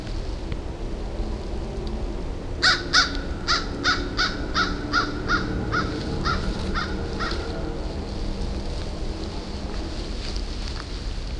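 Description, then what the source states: American crow cawing: a run of about twelve harsh caws, over a constant low background rumble. Probably the same individual as heard earlier.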